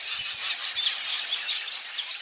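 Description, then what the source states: Red-billed Quelea flock producing a dense, continuous chatter of countless high chirps merging into a steady rushing wash of sound. Flocks of 2 million or more roaming the countryside in Africa south of the Sahara, flying in tightly synchronized masses.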